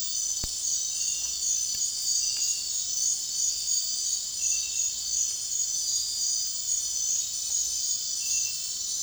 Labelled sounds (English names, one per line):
none